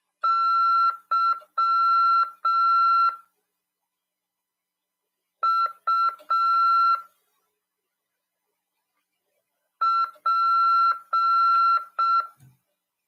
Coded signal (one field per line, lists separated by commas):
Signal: Morse code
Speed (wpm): 6 wpm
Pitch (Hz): 1350 Hz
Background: none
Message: YUP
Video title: RADIOAMADOR 3/10/2022 "AULA 13: CW, C.RODADA e LEGISLAÇÃO" PY2EXU PAULO SP/SP 22 ANOS de RAF/CRASP.